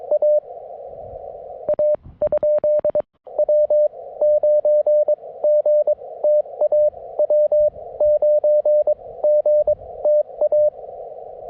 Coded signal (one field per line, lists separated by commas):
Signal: Morse code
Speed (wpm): 24 wpm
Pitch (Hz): 600 Hz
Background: none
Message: AA ? W9GTA W9GTA